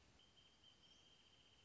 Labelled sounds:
Wrentit (Chamaea fasciata)
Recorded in Sonoma County, California

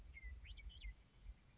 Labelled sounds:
Western Meadowlark (Sturnella neglecta)
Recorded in Sonoma County, California

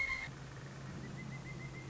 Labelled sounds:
Pileated Woodpecker (Dryocopus pileatus)
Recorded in Sonoma County, California

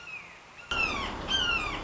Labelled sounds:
Red-shouldered Hawk (Buteo lineatus)
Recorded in Sonoma County, California

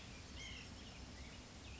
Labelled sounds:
White-breasted Nuthatch (Sitta carolinensis)
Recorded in Sonoma County, California

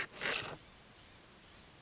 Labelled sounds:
Blue-gray Gnatcatcher (Polioptila caerulea)
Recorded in Sonoma County, California

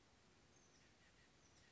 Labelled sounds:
Oak Titmouse (Baeolophus inornatus)
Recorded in Sonoma County, California

